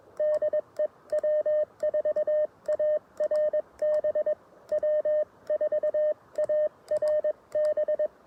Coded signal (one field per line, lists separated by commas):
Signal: Morse code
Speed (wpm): 22 wpm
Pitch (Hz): 590 Hz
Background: none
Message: DE W4ARB W4ARB